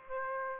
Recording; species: mosquito wingbeat signal from an infrared sensor; Aedes aegypti